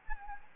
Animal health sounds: mosquito wingbeat signal from an infrared sensor; Anopheles gambiae

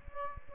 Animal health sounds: mosquito wingbeat signal from an infrared sensor; Aedes aegypti

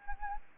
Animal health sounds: mosquito wingbeat signal from an infrared sensor; Anopheles arabiensis

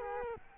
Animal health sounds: mosquito wingbeat signal from an infrared sensor; Culex quinquefasciatus

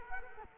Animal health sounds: mosquito wingbeat signal from an infrared sensor; Culex quinquefasciatus

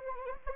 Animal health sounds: mosquito wingbeat signal from an infrared sensor; Anopheles arabiensis

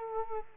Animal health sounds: mosquito wingbeat signal from an infrared sensor; Culex quinquefasciatus

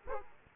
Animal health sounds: mosquito wingbeat signal from an infrared sensor; Aedes aegypti

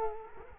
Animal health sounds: mosquito wingbeat signal from an infrared sensor; Culex quinquefasciatus

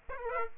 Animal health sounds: mosquito wingbeat signal from an infrared sensor; Aedes aegypti

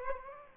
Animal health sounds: mosquito wingbeat signal from an infrared sensor; Aedes aegypti

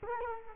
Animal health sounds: mosquito wingbeat signal from an infrared sensor; Culex quinquefasciatus

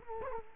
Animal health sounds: mosquito wingbeat signal from an infrared sensor; Culex quinquefasciatus

